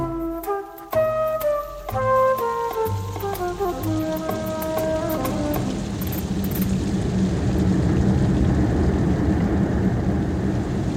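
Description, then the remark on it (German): A brief descending melody of musical tones gives way to a steady, dense hiss of rainfall in foul weather that has brought rain for a week, continuing evenly to the end, with no voices. “Sauwetter, was? Seit einer Woche nichts für Regen.”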